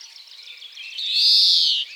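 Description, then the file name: European greenfinch giving one long, nasal, buzzy wheeze that swells and then cuts off, with faint twittering from other birds beforehand. "Chloris chloris"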